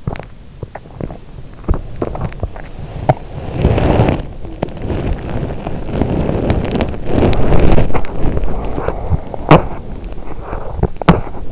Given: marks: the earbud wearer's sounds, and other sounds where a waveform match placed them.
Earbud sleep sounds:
sounds in sleep by an in-ear microphone; teeth grinding, body movement
0.00-3.16 s: teeth grinding
3.29-11.52 s: body movement

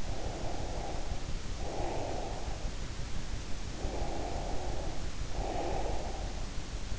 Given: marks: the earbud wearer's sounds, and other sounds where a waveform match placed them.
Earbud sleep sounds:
sounds in sleep by an in-ear microphone; breath
0.00-2.58 s: breath
3.76-6.29 s: breath

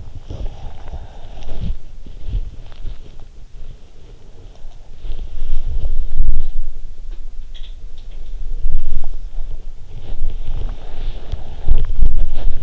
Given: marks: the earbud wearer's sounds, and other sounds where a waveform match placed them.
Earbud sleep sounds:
sounds in sleep by an in-ear microphone; body movement
0.00-12.62 s: body movement

